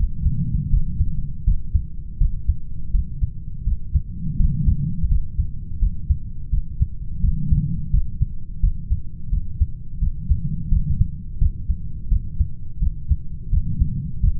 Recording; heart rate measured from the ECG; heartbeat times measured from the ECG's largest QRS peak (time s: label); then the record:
heart sounds by stethoscope; 84 bpm
0.70 s: heartbeat
1.44 s: heartbeat
2.18 s: heartbeat
2.91 s: heartbeat
3.64 s: heartbeat
4.37 s: heartbeat
5.08 s: heartbeat
5.79 s: heartbeat
6.50 s: heartbeat
7.21 s: heartbeat
7.91 s: heartbeat
8.60 s: heartbeat
9.30 s: heartbeat
10.00 s: heartbeat
10.69 s: heartbeat
11.39 s: heartbeat
12.09 s: heartbeat
12.79 s: heartbeat
13.50 s: heartbeat
14.21 s: heartbeat
From the record:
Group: heart failure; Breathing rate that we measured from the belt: 19 breaths a minute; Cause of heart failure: ischemic heart disease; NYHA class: 2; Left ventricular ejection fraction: 34%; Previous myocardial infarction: present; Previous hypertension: absent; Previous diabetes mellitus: present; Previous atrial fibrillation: absent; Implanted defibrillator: absent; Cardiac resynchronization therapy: absent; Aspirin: absent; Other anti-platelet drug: present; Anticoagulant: apixaban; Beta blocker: bisoprolol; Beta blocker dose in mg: 10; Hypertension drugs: sacubitril-valsartan, spironolactone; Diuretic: furosemide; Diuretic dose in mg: 40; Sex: male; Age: 57 years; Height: 149 cm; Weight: 44.5 kg